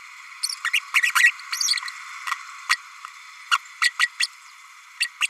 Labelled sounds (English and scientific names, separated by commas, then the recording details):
Green-rumped Parrotlet (Forpus passerinus) babbling
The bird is a female
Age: 32 days
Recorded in a nest box in Venezuela
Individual 17B32A5